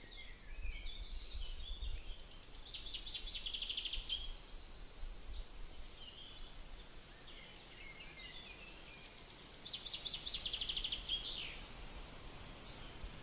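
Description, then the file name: Bird calls in two bursts of rapid, high chirps, near the start and again near the end, separated by quieter scattered notes against constant environmental hiss and low rumble. "oiseau"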